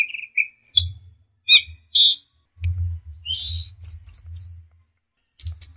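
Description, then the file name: Orange-headed thrush singing short, varied whistled and scratchy phrases with brief pauses, high notes alternating with lower warbles, over an intermittent low rumbling noise. Song from a masteran training recording, used as a model for birds to learn from. "suara masteran anis merah"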